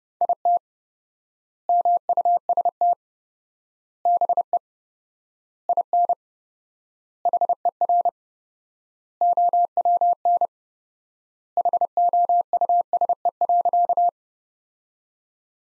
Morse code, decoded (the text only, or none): IT MUST BE IN HER OWN HOUSE.